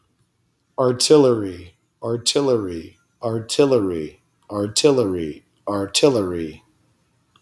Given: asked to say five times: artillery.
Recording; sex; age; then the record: repeated word; male; 30 to 39 years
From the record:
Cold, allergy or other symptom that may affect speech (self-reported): no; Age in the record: 32 years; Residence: California, United States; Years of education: 16